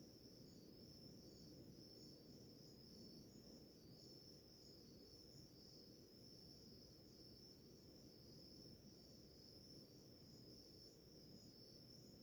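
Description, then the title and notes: Continuous cricket chorus, a high ringing trill with a fainter thinner tone above it, over persistent low background noise. Chorus of crickets in the early morning, in a village in the middle of the Mata Atlântica rainforest. "Crickets, firsts birds in the early with morning rooster to deep relax - Grilos, pássaros e galo nas primeiras horas da manhã. Ouça a sinfonia de grilos em uma relaxante vila em meio a Mata Atlântica"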